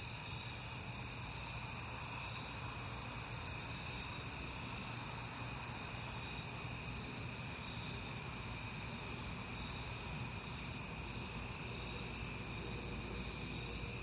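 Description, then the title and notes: Steady high-pitched cricket chorus holding level throughout, with a faint low hum and soft background noise. Crickets on a peaceful night in September. "Night Time: Crickets and Passing Cars. It is September and I have been hearing the crickets a lot"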